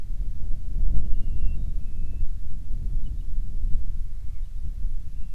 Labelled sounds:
bird, wind
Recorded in the Prudhoe Bay oil fields, Alaska, on 25 July 2019 at 02:48
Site 11

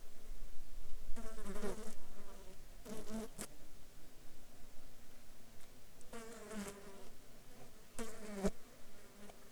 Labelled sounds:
insects
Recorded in the Arctic National Wildlife Refuge, Alaska, on 16 July 2019 at 14:47
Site 35

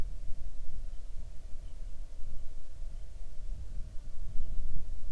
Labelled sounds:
bird, insects
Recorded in the Arctic National Wildlife Refuge, Alaska, on 6 July 2019 at 00:05
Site 39

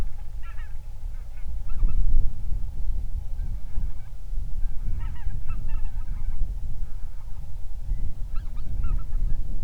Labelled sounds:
waterfowl, wind
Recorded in the Prudhoe Bay oil fields, Alaska, on 31 July 2019 at 07:59
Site 24

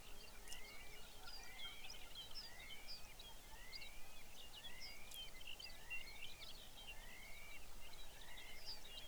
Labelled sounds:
songbird
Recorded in the Arctic National Wildlife Refuge, Alaska, on 23 May 2019 at 05:54
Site 49

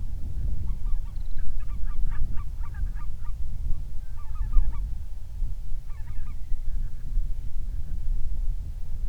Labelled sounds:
waterfowl, wind
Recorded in the Prudhoe Bay oil fields, Alaska, on 31 July 2019 at 07:54
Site 24

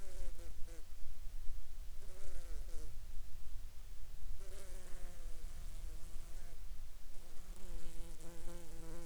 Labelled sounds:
insects
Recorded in the Arctic National Wildlife Refuge, Alaska, on 7 July 2019 at 22:37
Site 43

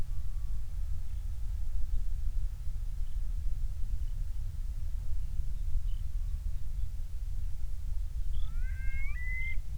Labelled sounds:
songbird, loon
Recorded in the Prudhoe Bay oil fields, Alaska, on 28 July 2019 at 05:24
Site 25

